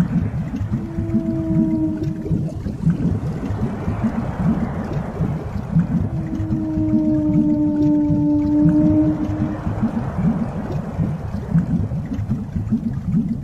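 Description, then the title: Whale calls: two drawn-out tonal moans with stacked harmonics, each several seconds long, separated by a pause, over a heavy low rumble. Deep sea. "深海鲸鱼声，舒缓催眠"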